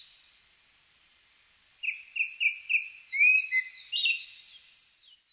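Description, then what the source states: Japanese thrush song: a run of four quick repeated fluty notes, then slurred whistles and higher, thinner twittering notes trailing off, against faint background hiss. Recorded on 2 July 1982.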